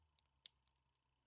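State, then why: Seated. A small plastic mutagen tank accessory is pushed onto the back of a plastic Mutagen Man action figure. A few faint plastic ticks come before and after one loud, sharp snap at 0.5 s, when the tank seats in place.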